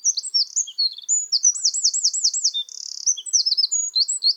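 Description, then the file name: Eurasian wren delivering a vigorous high-pitched song of rapid notes, a rippling trill and a dry buzzy rattle, continuing to the end. "Troglodytes troglodytes"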